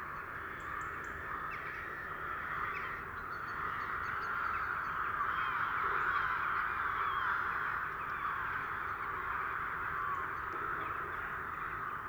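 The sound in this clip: Rooks in a flock, many raspy caws overlapping into a constant noisy chatter that builds slightly midway.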